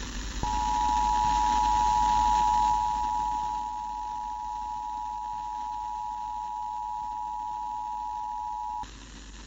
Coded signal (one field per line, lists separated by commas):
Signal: Emergency Alert System (SAME) tones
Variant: 853 and 960 Hz attention tone